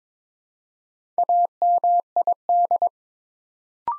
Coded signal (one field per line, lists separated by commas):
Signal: Morse code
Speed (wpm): 22 wpm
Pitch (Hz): 700 Hz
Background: none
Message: AMID